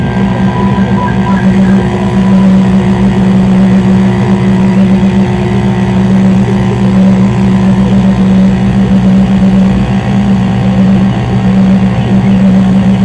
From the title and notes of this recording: Noisevember Installation - Four arrangements layered. Four setups of a multi-channel installation were recorded that focussed on the noise of the three primary receivers/amplifiers. They are combined in a megamix here.